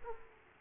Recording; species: mosquito wingbeat signal from an infrared sensor; Aedes aegypti